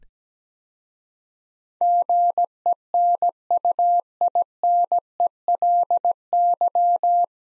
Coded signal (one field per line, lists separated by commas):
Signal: Morse code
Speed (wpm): 17 wpm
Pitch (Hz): 700 Hz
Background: none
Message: GENUINELY